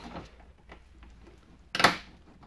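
On a 2010–2017 Toyota Camry 2.5L during a transmission replacement, the center button of a plastic push-type retainer holding the wheel-well cover is pressed in to remove the cover. After a few faint ticks, it gives a sharp click at 1.7 s, and the clip is released so it can be pulled out.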